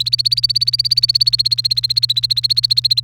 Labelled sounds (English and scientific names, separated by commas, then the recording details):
Domestic Canary (Serinus canaria) song
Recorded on 29 April 2018 at 07:57
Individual llb3